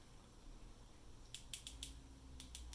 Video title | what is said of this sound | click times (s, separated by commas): Toyota keyfob - button repair + buttons cover + deadpool | Oh, that is a nice click. Cool. | 1.5 s